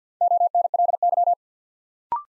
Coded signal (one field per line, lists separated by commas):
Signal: Morse code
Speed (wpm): 50 wpm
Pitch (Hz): 700 Hz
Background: none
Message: ONLY